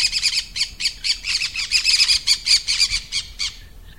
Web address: Green-cheeked Conure